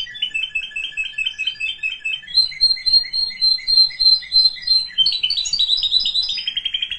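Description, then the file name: Canary song: fast repeated trilled phrases that change every couple of seconds, with higher trills near the end. "Canary Voice"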